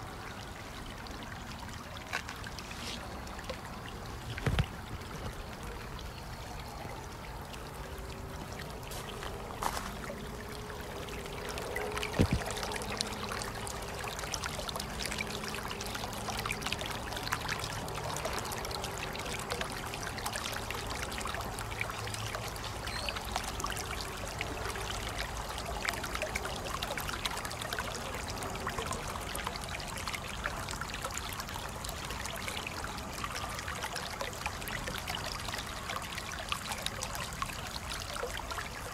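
A small natural stream trickles and splashes steadily, its dense bright patter filling the whole recording. A few sharp knocks stand out near 4, 10 and 12 seconds, and a faint low hum runs through the middle before the water grows slightly louder.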